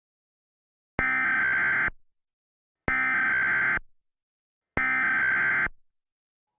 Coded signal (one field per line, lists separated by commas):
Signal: Emergency Alert System (SAME) tones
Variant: header bursts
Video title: National Emergency Alert System Test (November 9th, 2019) during a Talking Tom Friends Scenario vid